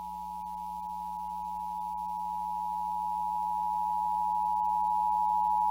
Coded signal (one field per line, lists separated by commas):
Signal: Emergency Alert System (SAME) tones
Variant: 853 and 960 Hz attention tone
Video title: (10/19/2020) EAS Tsunami Warning Alaska Peninsula NOAA Weather Radio